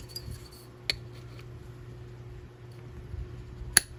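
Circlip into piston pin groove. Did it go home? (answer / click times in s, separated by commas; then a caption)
yes / 3.8 s. A piston pin retaining circlip is worked into its groove in a chainsaw piston. A faint metallic tick comes near 0.9 s, then a sharp, bright click at 3.8 s as the circlip snaps into the groove. The clip is seated.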